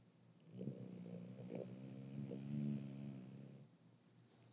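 A dog snoring while asleep, a normal everyday sound.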